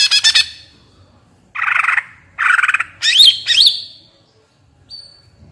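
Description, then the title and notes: Leafbird song: a burst of rapid notes, two harsh buzzy phrases, then sweet rising whistles and a brief high note near the end. Captive-style singing used as a master recording for training kept birds; described as gacor (singing constantly) and ngentrok, with raised crest, tuneful. "Cucak Ijo Gacor Ngentrok Jambul Nembak. suara burung cucak ijo gacor, merdu cocok buat masteran burung cucak ijo"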